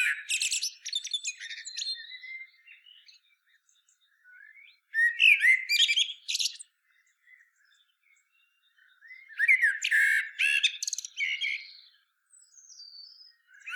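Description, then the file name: Common blackbird giving three song phrases a few seconds apart, each a warble running into high scratchy twitters. "Turdus merula"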